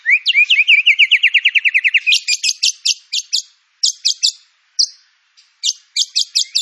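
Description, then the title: White-rumped shama song: a fast run of rising whistled notes, then bursts of sharp, high, clipped notes separated by short pauses. Lure (pancingan) song of white-rumped shama with full filler (isian) material; training material. "PANCINGAN MURAI BATU. MURAI BATU FULL MATERI ISIAN"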